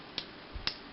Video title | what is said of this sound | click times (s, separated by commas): S2 VF-1S Valkyrie - [Bootleg-Week] Knock Off (KO) Macross Toy Review | And as you can hear, they click. | 0.2 s, 0.7 s